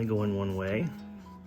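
While refitting the new front bumper cover on a 1991 Honda CRX Si, a plastic trim piece is worked into the car body's front-end panel at an awkward angle as someone talks. The voice fills most of the clip and then drops to a quieter background. Nothing has seated or clicked yet.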